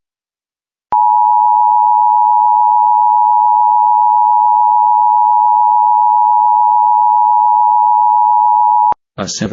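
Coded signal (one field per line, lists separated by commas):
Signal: Emergency Alert System (SAME) tones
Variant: 853 and 960 Hz attention tone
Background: speech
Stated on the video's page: Real Civil Danger Warning and Shelter In Place Warning for Texas counties, recorded with an alert archiving app.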